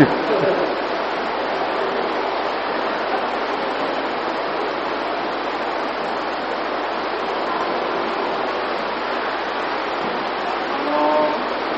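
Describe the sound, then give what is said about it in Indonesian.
Heavy rain pours in a steady, dense hiss during a religious study lesson, staying loud and unbroken throughout, with only a faint hint of a voice surfacing near the end. “Silakan dilihat dan direnungi mumpung masih hujan.”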